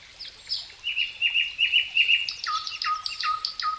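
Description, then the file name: Bird song with a run of repeated bright notes, then a series of short chirps over a low steady whistle, against a light outdoor hiss. "melodiez vogels"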